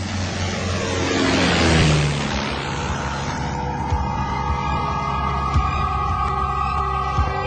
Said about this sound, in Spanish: Una escuadrilla de 5 aviones de guerra puede reconocerse difusamente tras el cielo cubierto por la nieve fluorescente.